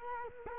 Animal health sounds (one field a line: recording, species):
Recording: mosquito wingbeat signal from an infrared sensor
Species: Culex quinquefasciatus